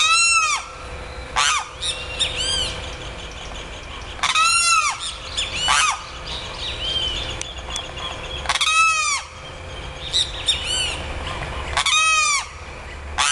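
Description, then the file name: Limpkin song: piercing, nasal wails repeated in loud bursts, with quieter calls in between. "canto do carao"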